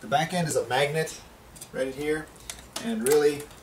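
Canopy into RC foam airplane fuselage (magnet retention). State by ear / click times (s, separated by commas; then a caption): not seated / none. A foam canopy is handled over the fuselage of an RC flying-wing airplane model, where its back end is held by a magnet and its nose is taped. Someone talks throughout, and a few faint taps are heard. Nothing has seated or clicked yet.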